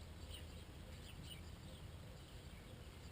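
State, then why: Not seated. A plastic hop-up unit for an Umarex UMP 45 airsoft AEG replica is being lined up during reassembly, its small side notches facing the adjustment wheel as it is fitted into the receiver. Only a quiet, steady low background hum with faint handling noise is heard, with no sharp sounds. Nothing has seated or clicked yet.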